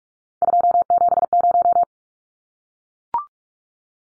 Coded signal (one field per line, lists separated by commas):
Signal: Morse code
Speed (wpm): 44 wpm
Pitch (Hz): 700 Hz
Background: none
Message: 270